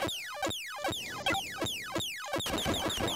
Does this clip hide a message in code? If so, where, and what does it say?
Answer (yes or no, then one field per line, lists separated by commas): no